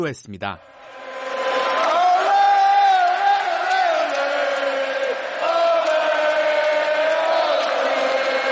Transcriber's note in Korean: 녹취: 축구경기 현장음